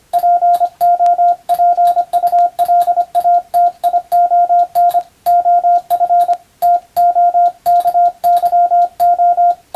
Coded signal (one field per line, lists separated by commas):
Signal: Morse code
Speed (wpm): 25 wpm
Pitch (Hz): 700 Hz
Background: radio noise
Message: POPULATION OF TOKYO